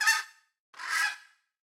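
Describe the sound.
Bird calls: two harsh, rasping honks, each about half a second long, separated by a brief pause.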